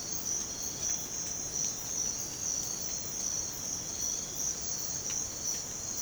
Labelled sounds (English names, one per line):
none